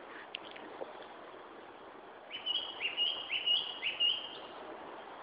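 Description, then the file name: Japanese thrush singing a brief burst of clear whistled notes, several rising slightly, packed into about two seconds against a constant background hiss. "Turdus cardis"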